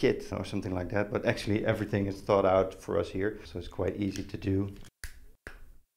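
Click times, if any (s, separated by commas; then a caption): 5.0 s, 5.5 s. A cable connector on a Flashforge Adventurer 5M 3D printer is pushed into its socket while someone talks. After the talking, two sharp, short snaps are heard at 5.0 s and 5.5 s as the connector clicks into place and seats.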